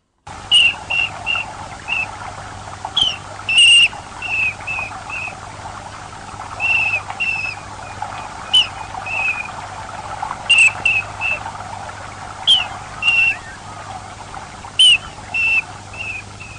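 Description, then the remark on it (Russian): Kingfisher calls: short, thin, high-pitched whistled notes repeated in irregular bursts over about sixteen seconds, with a steady low hum running underneath and no voices. “Зимородок.”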